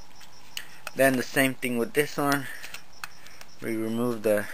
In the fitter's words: to put it in locks into place then